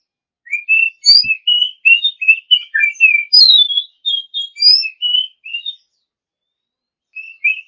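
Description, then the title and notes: Oriental magpie-robin song, a fast continuous string of sweet whistled notes and slurs lasting about five seconds, followed by two short closing whistles. A champion bird. "Kicau Burung Kacer Juara. Suara Kicauan Burung Kacer Juara"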